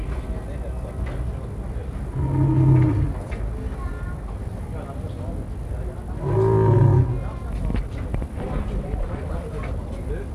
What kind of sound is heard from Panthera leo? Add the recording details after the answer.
call. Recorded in captivity. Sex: male. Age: adult. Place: Tierschau Zirkus Busch, Berlin, DE. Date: 1961-07-22 16:00. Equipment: Minifon, Kopie Smaragd. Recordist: Tembrock, Günter